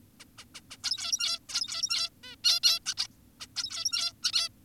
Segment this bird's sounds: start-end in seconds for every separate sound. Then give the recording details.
0.20-0.24, 0.38-0.45, 0.55-0.61, 0.71-0.77, 0.84-1.39, 1.49-2.10, 2.24-2.36, 2.44-2.60, 2.64-2.80, 2.86-2.94, 2.98-3.08, 3.40-3.47, 3.56-4.13, 4.23-4.32, 4.33-4.49. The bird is an adult. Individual g17y2U